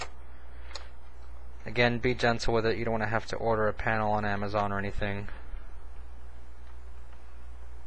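A plastic bottom access panel is pressed down into the base of a Dell Inspiron 1564 laptop after the RAM is replaced, and it snaps into place with a sharp click at 0.8 s. Someone then talks.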